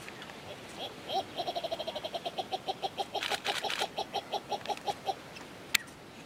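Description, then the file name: Ruspoli's turaco song, a long series of hoarse, croaking notes that start fast then slow down, briefly overlapping a noisy burst, followed by a sharp click. "Canto do turaco de ruspoli"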